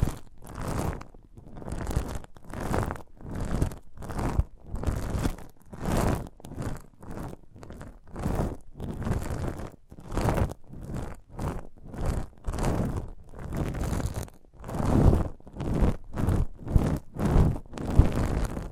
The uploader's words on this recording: ASMR of a Sprouted Coconut (No Talking).